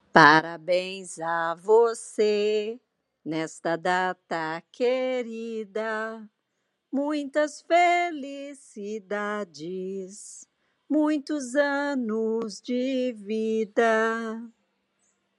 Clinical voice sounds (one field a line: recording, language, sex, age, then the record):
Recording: short text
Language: Brazilian Portuguese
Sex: female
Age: 50 to 59 years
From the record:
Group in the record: control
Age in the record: 59 years